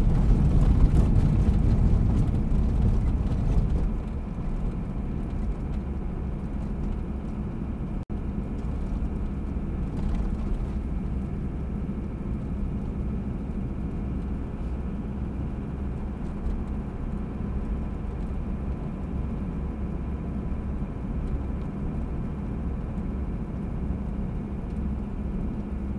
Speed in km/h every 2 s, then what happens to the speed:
51, 52, 51, 48, 48, 47, 48, 48, 49, 50, 50, 49, 49.
0-26 steady at about 49.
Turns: none.